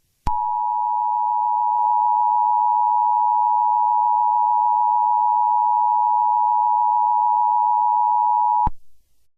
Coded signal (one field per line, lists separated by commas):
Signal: Emergency Alert System (SAME) tones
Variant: 853 and 960 Hz attention tone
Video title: EAS Scenario #15: Unknown Emergency